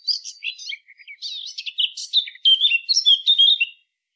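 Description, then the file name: Eurasian blackcap warbling a lively stream of chattering notes that builds into louder, clearer whistled phrases before falling silent. "Sylvia atricapilla"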